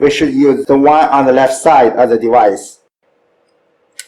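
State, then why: Seated. Someone talks for the first few seconds, then after a pause a short, sharp click sounds at 4.0 s as the temperature probe's plug is pushed into the left-side port of the data logger. The plug seats with a confirmed click.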